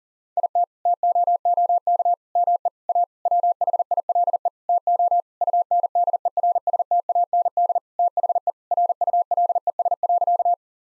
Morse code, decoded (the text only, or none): IT TOOK ME A WHILE TO UNDERSTAND THE RULES.